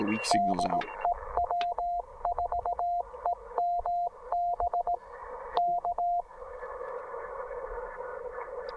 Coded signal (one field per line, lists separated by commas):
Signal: Morse code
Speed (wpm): 18 wpm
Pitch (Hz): 700 Hz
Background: speech, radio noise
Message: DE W4EMB K